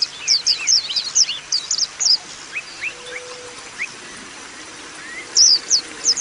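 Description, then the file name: White-eye song, quick high twittering notes over steady hiss, with a long faint tone and a few lower slurred calls. Caged white-eye, song used as audio therapy for cage birds. "audio-terapi-pleci-7-omkicau"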